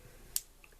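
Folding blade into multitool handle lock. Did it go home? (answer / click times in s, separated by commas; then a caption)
yes / 0.4 s. The serrated steel rope-cutter blade of SOG ParaShears folding multitool shears, with a glass-reinforced nylon and steel handle, is swung open until it locks into the handle lock so it won't close up during use. A sharp, bright snap lands at 0.4 s, followed by a few much fainter ticks around 0.6 and 0.8 s. The blade is locked in place.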